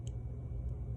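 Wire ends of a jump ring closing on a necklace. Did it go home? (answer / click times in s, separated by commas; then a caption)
yes / 0.1 s. Pliers wiggle the two ends of an open metal jump ring on a necklace toward each other until they meet. A slight, sharp click at 0.1 s marks the wire ends touching, over a steady low rumble, with a fainter tick near 0.7 s. The jump ring is closed, its ends seated together.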